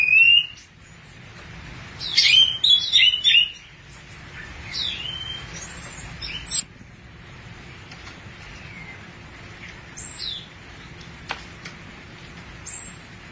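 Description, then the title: Thrush song: a quick run of sharp, high chirps and slurred whistles near the start, then long quiet stretches broken by a few faint single notes. "burung anis x"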